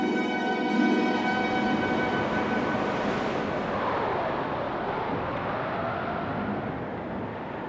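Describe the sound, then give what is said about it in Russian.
A steady, roaring storm of hurricane wind and crashing waves striking a ship at sea at about 8 in the morning, dense and loud throughout, with high whistling, howling tones held above the rumble. No one speaks. “Около 8 часов утра ветер еще усилился. Это был ураган.”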